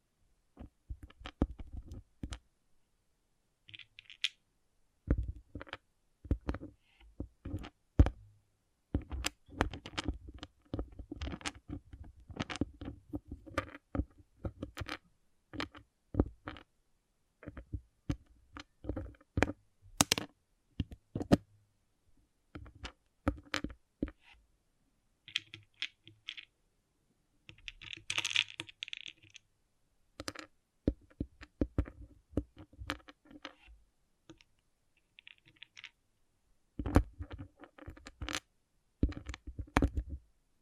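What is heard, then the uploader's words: Small plastic pixel art beads click and rattle in quick bursts, like pieces being picked through and tapped into place. The clatter comes in dense runs with short quiet gaps, busiest early and near the end, with a brighter shaking sound around 28 seconds. ASMR Relaxing Pixel Art Beads ( No Talking).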